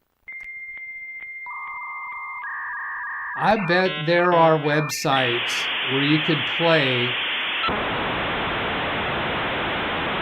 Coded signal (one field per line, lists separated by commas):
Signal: dial-up modem handshake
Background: speech